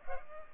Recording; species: mosquito wingbeat signal from an infrared sensor; Culex pipiens